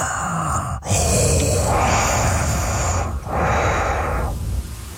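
Loud, rushing breaths from a sleeping adult come in long, steady, hissing phases of about two seconds each, with a slightly echoey, mechanical, Darth Vader-like quality, like a respirator. This is heavy breathing through the nose during sleep with the mouth closed, not a snore.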